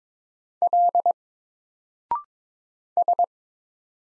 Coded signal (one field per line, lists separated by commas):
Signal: Morse code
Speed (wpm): 21 wpm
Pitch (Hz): 700 Hz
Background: none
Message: L S